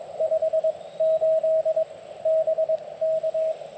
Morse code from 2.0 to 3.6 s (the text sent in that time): BK